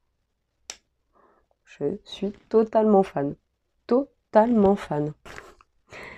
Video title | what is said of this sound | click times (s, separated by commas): Haul Sheglam : Charlie la chocolaterie Factory 😱 est bien plus encore! #shein #sheglam #partage | Voilà, et il se clipse quoi. | 0.7 s